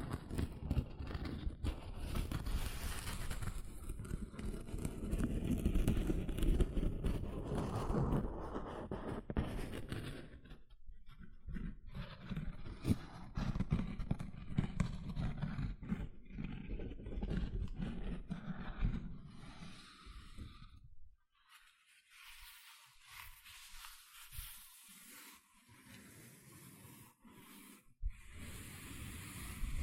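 Gentle scratching sounds, dense and rustling for the first ten seconds, then thinner and quieter, dropping to near silence around twenty seconds.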